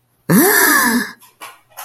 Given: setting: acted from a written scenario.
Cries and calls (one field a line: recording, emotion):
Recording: vocal sound without words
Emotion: fear